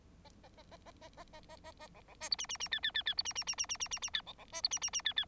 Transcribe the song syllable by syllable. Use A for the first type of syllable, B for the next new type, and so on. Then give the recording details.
A A A A A A A A A A A B B C D E E E F F F F D E E E E E E E E F B B C D E E E F F. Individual Bird9